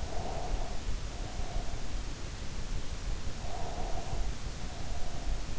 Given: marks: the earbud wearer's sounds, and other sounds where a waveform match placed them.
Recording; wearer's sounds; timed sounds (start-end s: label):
sounds in sleep by an in-ear microphone; breath
0.00-1.85 s: breath
3.35-5.49 s: breath